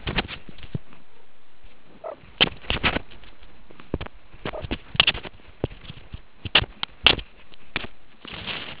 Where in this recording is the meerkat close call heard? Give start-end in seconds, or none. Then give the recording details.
1.10-1.26, 2.04-2.14, 4.53-4.61. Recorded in the Kuruman River Reserve, South Africa. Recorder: an audio tag on a meerkat's collar